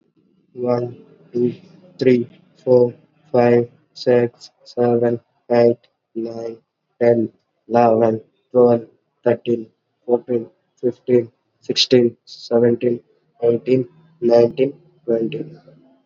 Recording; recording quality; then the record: counting at a normal pace; excellent, no background noise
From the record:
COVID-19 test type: RT-PCR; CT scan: not taken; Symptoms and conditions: cough, sore throat, fever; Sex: male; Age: 20 years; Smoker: no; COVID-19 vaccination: both doses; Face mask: worn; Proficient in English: yes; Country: India